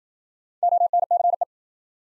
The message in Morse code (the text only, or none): ONCE